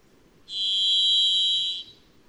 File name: Varied Thrush